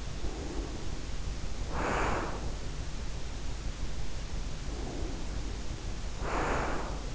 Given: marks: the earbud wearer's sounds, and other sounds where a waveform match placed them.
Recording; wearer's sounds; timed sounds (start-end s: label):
sounds in sleep by an in-ear microphone; breath
0.04-2.67 s: breath
4.53-7.15 s: breath